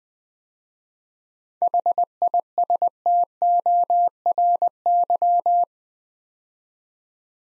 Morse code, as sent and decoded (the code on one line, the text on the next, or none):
.... .. ... - --- .-. -.--
HISTORY